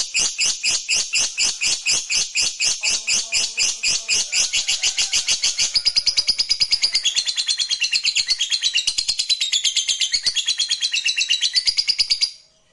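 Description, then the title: Lovebird producing harsh chirps that quicken into a long, rapid, high twittering trill lasting several seconds, then cutting off. Fighter lovebird giving ngekek panjang, a long ngekek. "Suara Lovebird FIGHTER NGEKEK PANJANG"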